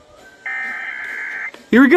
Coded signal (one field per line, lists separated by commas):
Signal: Emergency Alert System (SAME) tones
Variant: header bursts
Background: speech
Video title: (EAS) National Periodic Test (MY 1ST EVER PERIODIC TEST FOR 2021)